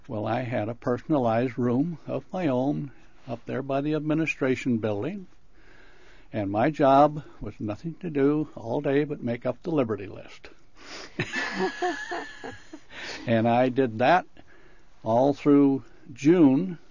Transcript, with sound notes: Well, I had a personalized room of my own, up there by the Administration Building, and my job was nothing to do all day but make up the Liberty [laughs] And I did that all through June,